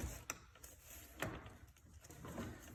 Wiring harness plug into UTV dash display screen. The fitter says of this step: It is a hard clip, so you gotta make sure you hear it.